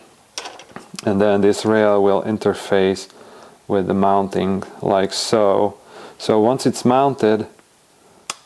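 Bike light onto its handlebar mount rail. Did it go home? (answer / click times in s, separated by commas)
yes / 8.3 s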